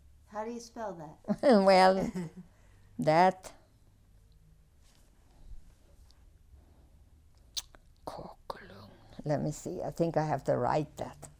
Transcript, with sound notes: How do you spell that? (whispers)
Kokalum. Let me see. I think I have to write that.